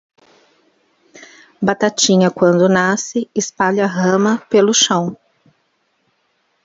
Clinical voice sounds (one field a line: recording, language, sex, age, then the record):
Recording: short text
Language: Brazilian Portuguese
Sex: female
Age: 50 to 59 years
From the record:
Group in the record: control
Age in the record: 50 years